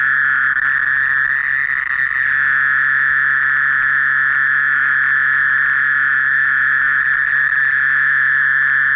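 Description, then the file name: Mole cricket song, a continuous pure-toned churring trill that stays level and unbroken throughout. "Gryllotalpa sp"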